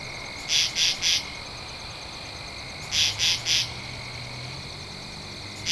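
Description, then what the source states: Katydid sounding two triple-pulsed raspy bursts about two and a half seconds apart, the start of another at the end, with a high steady hum. Recorded 2 October 2012.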